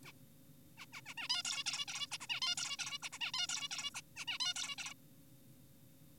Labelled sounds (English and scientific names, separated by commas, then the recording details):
Zebra Finch (Taeniopygia guttata)
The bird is an adult
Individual g4p5U